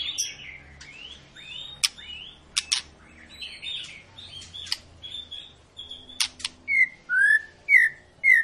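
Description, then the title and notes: White-rumped shama song of varied rising and falling whistles mixed with sharp clicks, ending in a few clear whistles repeated about every half second. Lure recording of a white-rumped shama (murai batu) in long, continuous song, used to prompt other birds to sing; 'gacor panjang' means prolonged nonstop singing. "Pancingan Murai Batu Gacor Panjang. muraiku"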